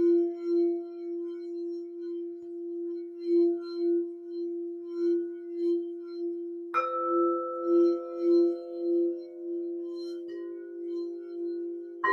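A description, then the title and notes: Crystal singing bowls hum steadily with a low pure tone, a brighter bowl struck near seven seconds, another entering around ten, pulsing gently. A sound bath with crystal singing bowls correlated with the root chakra, solar plexus chakra , heart chakra and the throat chakra.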